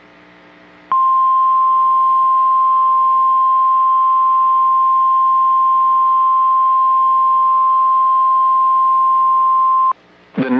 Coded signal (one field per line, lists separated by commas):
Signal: Emergency Alert System (SAME) tones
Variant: 1050 Hz attention tone